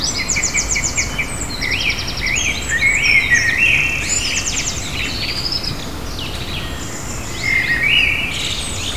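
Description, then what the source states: Birds in chorus, with rapid trilled bursts and short whistled phrases overlapping, over constant low background rumble. In the morning.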